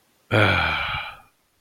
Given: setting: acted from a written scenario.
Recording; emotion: vocal sound without words; relief